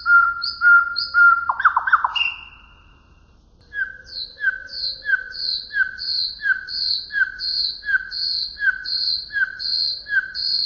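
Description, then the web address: Common nightingale song: a few clear whistles and a burst of tumbling notes, a pause, then a long, regular series of repeated paired high and lower notes. Western nightingale song, used for training canaries. "canto do rouxinol ocidental para treinar canarios"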